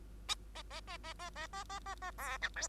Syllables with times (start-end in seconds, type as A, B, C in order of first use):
0.55-0.62 A, 0.70-0.81 A, 0.87-0.97 A, 1.03-1.14 A, 1.19-1.30 A, 1.35-1.47 A, 1.53-1.64 A, 1.69-1.79 A, 1.85-1.95 A, 2.02-2.11 A, 2.18-2.38 B, 2.41-2.50 C, 2.56-2.68 D